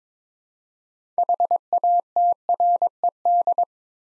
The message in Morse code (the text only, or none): HATRED